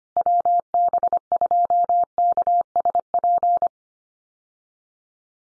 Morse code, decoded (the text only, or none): WB2KSP